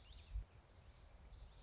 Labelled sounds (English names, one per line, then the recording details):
Common Yellowthroat
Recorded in Sonoma County, California